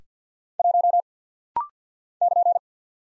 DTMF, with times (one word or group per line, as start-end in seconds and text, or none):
none